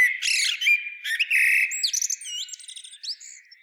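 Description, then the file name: Common blackbird song, a short burst of harsh squawky notes followed by quick high twittering and thin rising squeaks. "Turdus merula"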